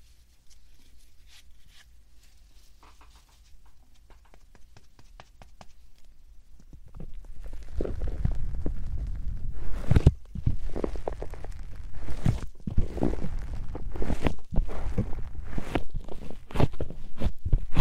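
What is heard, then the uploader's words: Puff sounds come as short, soft bursts with a low thud. The first seven seconds are quiet, with only faint scattered ticks. Then the bursts turn louder and dense, coming in a quick, uneven run over a low rumble until the end. 말없이 3가지의 퍼프로 귀를 토닥토닥 해드려요 puff sound.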